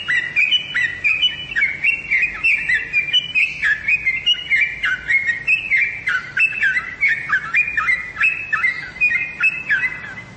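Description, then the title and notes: Bird chirps in quick succession, each a sharp downward-slurred note at a fairly even pitch, repeated rapidly without pause. "Bird Sound. Kicau Burung Lengkap"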